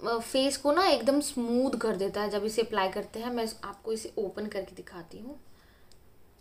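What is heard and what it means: A woman talks while handling a plastic powder-foundation compact with a magnetic lid, getting ready to show it open. Near the end a faint, brief sound is heard as the talk fades. Nothing has seated or clicked shut yet.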